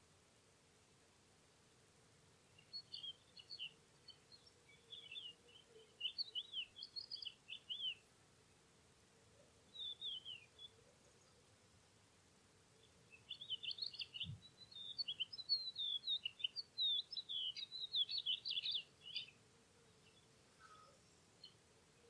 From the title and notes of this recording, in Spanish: Primavera entre campos de cereales. A finales de Abril y con el verde de las primeras espigas de cereal podemos escuchar la alegría de los cantos del escribano triguero, el sisón, los abejarucos...